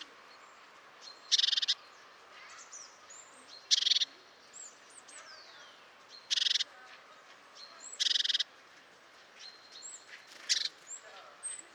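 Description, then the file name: Great tit giving short, dry churring rattles about every two to three seconds, five bursts in all, with soft whistles and a descending slurred note behind. "Parus major"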